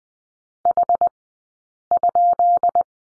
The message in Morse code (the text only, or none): H?